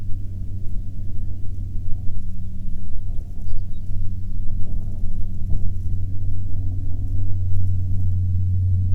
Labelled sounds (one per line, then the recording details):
songbird
wind
aircraft
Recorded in the Prudhoe Bay oil fields, Alaska, on 21 June 2019 at 09:43
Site 22